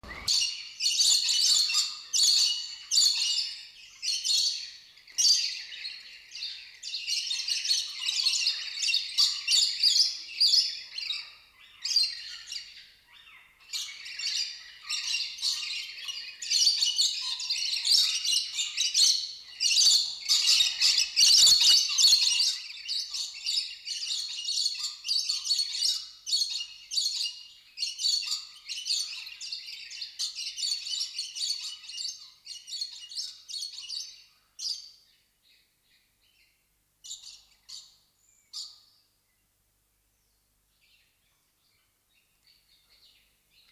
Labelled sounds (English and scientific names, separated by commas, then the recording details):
Coconut Lorikeet (Trichoglossus haematodus) aggressive call
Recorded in captivity
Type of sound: aggressive call
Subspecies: haematodus
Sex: group
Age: adult
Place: Zoo Berlin, Berlin, DE
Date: 1997-08-19 11:52
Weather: 26-28°C, heiter
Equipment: Marantz CP 130, Mikro CE, Kopie Uher 4000 Report Monitor
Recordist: Tembrock, Günter
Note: Breitbindenlori (T.h.haematodus): Gruppe: agonistisch am Futter (Entfernung ca. 2 m)